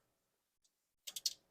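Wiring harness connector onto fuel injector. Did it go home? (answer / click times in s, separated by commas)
yes / 1.1 s, 1.3 s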